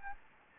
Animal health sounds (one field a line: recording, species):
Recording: mosquito wingbeat signal from an infrared sensor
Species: Anopheles gambiae